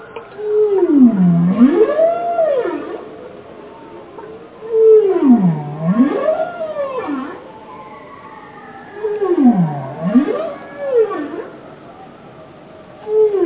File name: Bowhead Whale Song